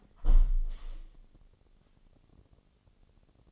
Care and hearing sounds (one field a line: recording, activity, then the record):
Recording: daily activity, microphone in the room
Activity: close window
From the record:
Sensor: 4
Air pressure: 1015.8 hPa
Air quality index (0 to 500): 78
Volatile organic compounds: 1 ppm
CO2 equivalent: 864 ppm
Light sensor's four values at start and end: 9/20/8/7 and 9/20/8/7